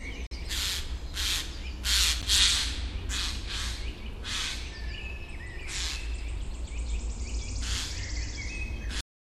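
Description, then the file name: Eurasian jay giving a series of harsh, rasping screeches at irregular intervals over a low background rumble. "Garrulus glandarius"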